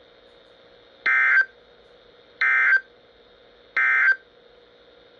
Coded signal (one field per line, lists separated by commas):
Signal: Emergency Alert System (SAME) tones